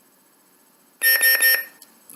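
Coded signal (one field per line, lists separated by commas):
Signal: none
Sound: toy lightsaber's beeps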